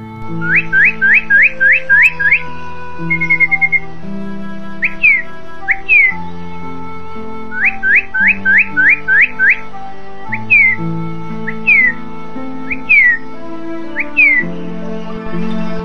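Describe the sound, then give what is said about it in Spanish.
Bird-like whistled song of a sparrow-like bird: quick bursts of bright, rising chirps, then slower single sweeping notes, repeating over a steady bed of soft background music. “A ver, me gustaría oírte. El pájaro cantó.”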